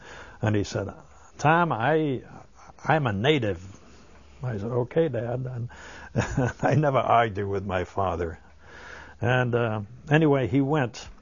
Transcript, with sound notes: And he said, "Tom, I'm a native!" I said, "Okay, Dad." ( he laughs ) I never argued with my father. Anyway, he went,